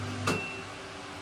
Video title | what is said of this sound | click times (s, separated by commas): IFB front load washing machine Senator MBN 7.0k 1200 RPM | এই দেখো আমি যে এটা কি খটখটা আওয়াজ হবে, | 0.3 s